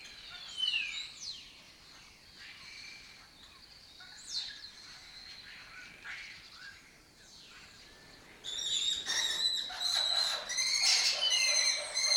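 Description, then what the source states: Lesser kestrel calls: thin downslurred calls, then harsh rasping bursts repeated rapidly from about eight seconds on. Colony that took over an abandoned building complex in Doñana; migratory raptor that forages in West Africa and breeds in southern Europe.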